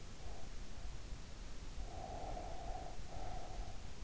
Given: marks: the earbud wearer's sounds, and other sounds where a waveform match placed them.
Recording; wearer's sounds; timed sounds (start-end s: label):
sounds in sleep by an in-ear microphone; breath
0.03-0.98 s: breath
1.76-3.87 s: breath